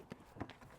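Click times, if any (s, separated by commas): none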